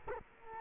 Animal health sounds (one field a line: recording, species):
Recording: mosquito wingbeat signal from an infrared sensor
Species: Culex quinquefasciatus